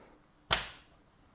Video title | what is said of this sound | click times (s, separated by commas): Prusa CoreOne Kit Live Build | That was a very very very satisfying click. | 0.5 s